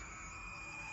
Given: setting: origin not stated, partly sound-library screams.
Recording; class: one-second piece from a danger detection set; woman in danger